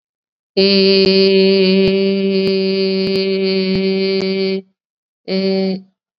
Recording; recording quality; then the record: sustained vowel as in made; excellent, no background noise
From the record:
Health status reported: COVID-19 positive, mild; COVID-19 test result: positive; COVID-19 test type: rapid antigen test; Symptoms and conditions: cold, fever, diabetes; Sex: female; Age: 39 years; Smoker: no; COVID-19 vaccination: both doses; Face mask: worn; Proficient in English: yes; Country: India